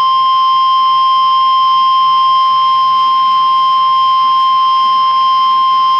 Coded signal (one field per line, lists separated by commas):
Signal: Emergency Alert System (SAME) tones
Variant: 1050 Hz attention tone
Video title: Tornado Watch (EAS#5)